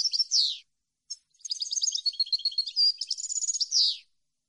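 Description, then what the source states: European goldfinch song: the end of one phrase, a short pause, then a longer twittering phrase with a brief trill and a closing descending slur. Clean goldfinch song intended for birds to copy.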